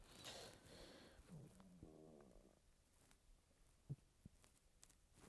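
A low, gurgling, faintly tonal rumble lasting about a second: ordinary stomach growling in an adult, from hunger just before lunchtime.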